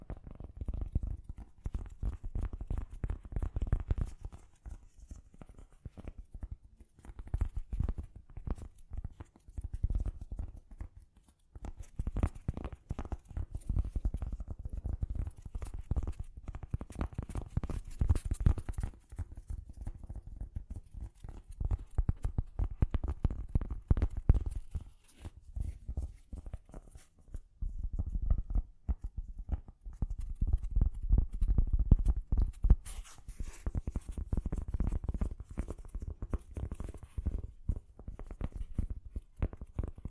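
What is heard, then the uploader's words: Gentle tapping continues throughout, made of dense, quick, irregular taps that form soft patter-like bursts. The taps cluster in waves with brief lulls near 5, 11 and 27 seconds, then resume. Each tap is soft and dull, weighted toward the low end. ASMR Gently Tapping You to Sleep (No Talking).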